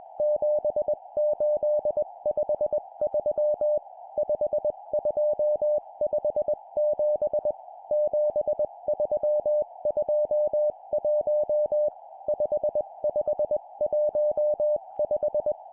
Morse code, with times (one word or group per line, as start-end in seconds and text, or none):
0.2-3.8 7853
4.2-7.5 5257
7.9-11.9 7321
12.3-15.5 5515